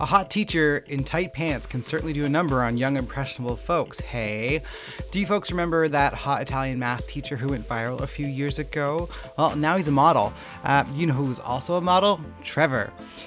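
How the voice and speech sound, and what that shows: One adult man speaks fluently in a casual, conversational tone with normal rate and clear articulation; typical speech.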